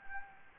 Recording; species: mosquito wingbeat signal from an infrared sensor; Anopheles gambiae